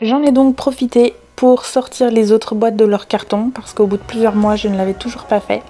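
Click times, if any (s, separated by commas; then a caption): none. A plastic storage box is being handled to clip onto another plastic storage box while someone talks throughout. Nothing has seated or clicked yet.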